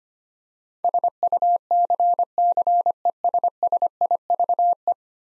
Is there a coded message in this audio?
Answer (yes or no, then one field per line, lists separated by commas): yes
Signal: Morse code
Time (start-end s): 0.8-4.9 s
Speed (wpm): 25 wpm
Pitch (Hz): 700 Hz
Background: none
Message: SUCCESSIVE